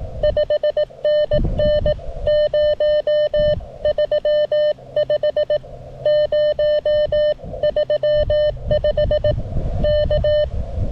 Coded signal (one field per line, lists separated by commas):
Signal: Morse code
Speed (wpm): 18 wpm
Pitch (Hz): 600 Hz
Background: none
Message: 5NN 035 035 K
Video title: Remembrance Day Contest 2022 - CW Single-operator (not QRP)